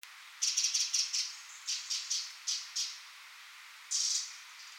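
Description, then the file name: Eurasian wren giving harsh, rasping chatter notes, a quick run of bursts followed by single spaced rattles and one longer final burst, over hiss. "Troglodytes troglodytes"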